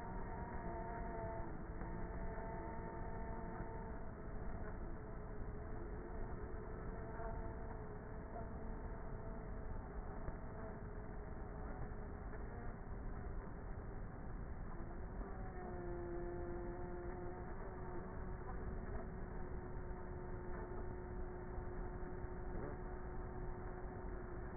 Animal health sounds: honeybee colony, microphone inside the hive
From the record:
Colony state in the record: queenless with a low population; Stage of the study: before two queens were removed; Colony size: about 30,000 bees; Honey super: no

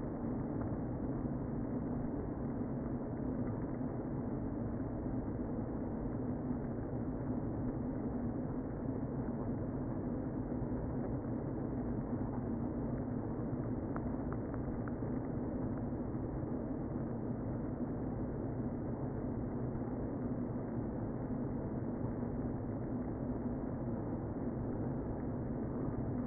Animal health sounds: honeybee colony, microphone inside the hive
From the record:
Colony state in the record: queen present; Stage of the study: before two queens were removed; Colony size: about 60,000 bees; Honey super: yes

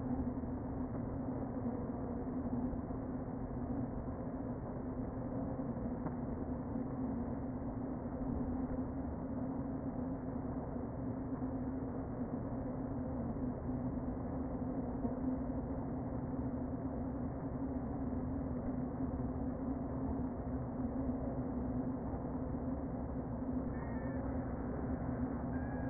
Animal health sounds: honeybee colony, microphone inside the hive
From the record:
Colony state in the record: queen present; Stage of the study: before two queens were removed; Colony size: about 60,000 bees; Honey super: yes

